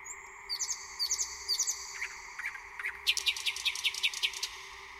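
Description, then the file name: Thrush nightingale song: three short high whistled phrases followed by a loud, rapid knocking series of about ten notes, over a steady hum. "SLOWIK SZARY"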